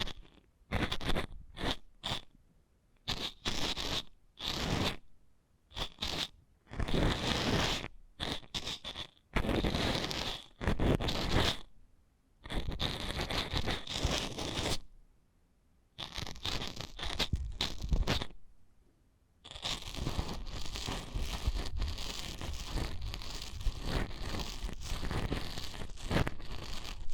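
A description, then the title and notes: Eardrum massage sounds of crunchy, crackling rubbing in bursts with short silences, turning into a denser continuous scratching after about twenty seconds. ASMR Intimate Eardrum Massage.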